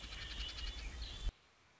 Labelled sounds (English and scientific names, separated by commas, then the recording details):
Red-winged Blackbird (Agelaius phoeniceus)
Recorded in Sonoma County, California